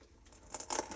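A plastic trim piece is pulled off the old, sticky snap clips of a Maserati GranTurismo GranCabrio door card during disassembly. After a quiet start, sharp creaking pops ring out at 0.5 and 0.7 s, with more crackling following. The clips pop loose and the trim piece is released.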